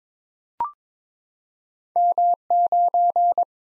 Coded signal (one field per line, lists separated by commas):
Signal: Morse code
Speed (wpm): 22 wpm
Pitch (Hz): 700 Hz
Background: none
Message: M9